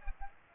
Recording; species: mosquito wingbeat signal from an infrared sensor; Aedes aegypti